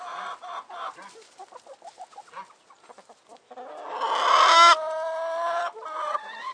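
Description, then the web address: Chickens clucking softly in short, irregular notes, then a loud, harsh squawk that stretches into a longer, drawn-out nasal call before the clucking resumes. In a chicken coop. "SFXSource. Chicken Coop 1"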